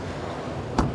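On a Cobia 285 Open boat, the console door's hold-open ram is released by finger pressure and the door swings closed. Its latch catches with a sharp click at 0.8 s, over a steady low background hum. The door latches and shuts tight.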